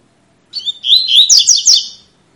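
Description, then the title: Double-collared seedeater: a single brisk phrase of high, warbled and twittering notes lasting about one and a half seconds. Tui-tui song style, a teacher song for training young birds. "COLEIRO TUI TUI FIBRA CANTO PROFESSOR"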